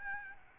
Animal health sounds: mosquito wingbeat signal from an infrared sensor; Aedes albopictus

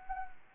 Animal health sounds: mosquito wingbeat signal from an infrared sensor; Anopheles gambiae

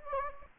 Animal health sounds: mosquito wingbeat signal from an infrared sensor; Anopheles gambiae

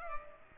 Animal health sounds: mosquito wingbeat signal from an infrared sensor; Culex pipiens

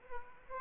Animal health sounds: mosquito wingbeat signal from an infrared sensor; Aedes aegypti

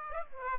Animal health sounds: mosquito wingbeat signal from an infrared sensor; Aedes aegypti

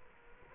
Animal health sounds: mosquito wingbeat signal from an infrared sensor; Culex quinquefasciatus

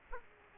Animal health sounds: mosquito wingbeat signal from an infrared sensor; Aedes aegypti

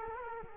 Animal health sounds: mosquito wingbeat signal from an infrared sensor; Culex quinquefasciatus

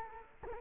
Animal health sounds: mosquito wingbeat signal from an infrared sensor; Culex quinquefasciatus

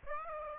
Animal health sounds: mosquito wingbeat signal from an infrared sensor; Aedes aegypti

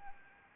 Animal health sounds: mosquito wingbeat signal from an infrared sensor; Anopheles arabiensis

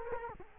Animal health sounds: mosquito wingbeat signal from an infrared sensor; Culex quinquefasciatus

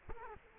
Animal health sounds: mosquito wingbeat signal from an infrared sensor; Culex quinquefasciatus

